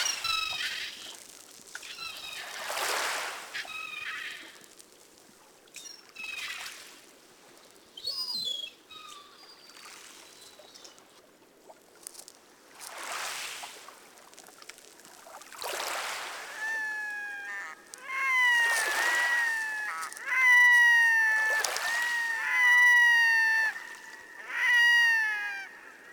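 Field recording of wild animal calls. The first fifteen seconds bring scattered bursts of short, raspy, bright cries and chirps with quiet gaps between them. From about sixteen seconds a louder run of rapid, repeated mewing, whistled calls takes over until the end.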